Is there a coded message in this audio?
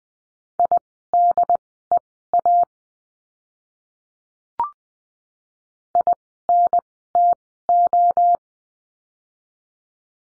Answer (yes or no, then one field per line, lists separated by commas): yes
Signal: Morse code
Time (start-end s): 0.6-8.4 s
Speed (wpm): 20 wpm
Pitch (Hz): 700 Hz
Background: none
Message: IDEA INTO